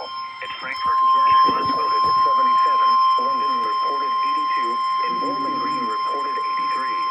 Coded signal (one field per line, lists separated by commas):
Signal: Emergency Alert System (SAME) tones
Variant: 1050 Hz attention tone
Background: speech